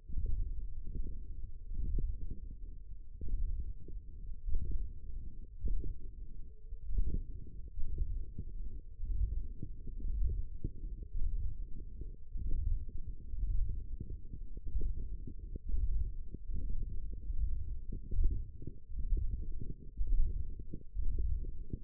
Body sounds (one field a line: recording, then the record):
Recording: forearm muscle sounds (acoustic myography)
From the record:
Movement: ulnar deviation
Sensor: system 1, eight BSWA MPA416 microphones around the upper forearm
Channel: 3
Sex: male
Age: 23 years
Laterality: right